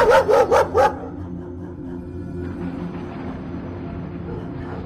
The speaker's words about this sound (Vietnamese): Mới có 3 giờ sáng, cái tiếng chó cứ nhấm nhằng sủa ông ổng từ cuối con ngõ nhỏ ở cuối thôn hạ.